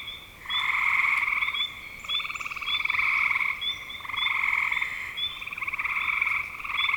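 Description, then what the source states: Frogs trill in pulsed bursts about a second long, with many brief high chirps running through the chorus. Recorded in spring 2025.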